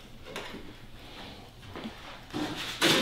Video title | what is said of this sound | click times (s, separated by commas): NGUV Disinfecting Tower Overview | I don't know if you're able to hear that click, but that click is happening as I'm just getting in and making sure it's secured into the tombstone. | 0.4 s